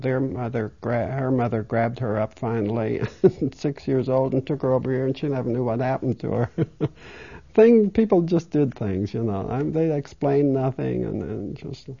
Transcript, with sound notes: Their mother, her mother grabbed her up finally, six years old, and took her over here, and she never knew what happened to her. (She laughs.) People just do things, you know. They explained nothing and just.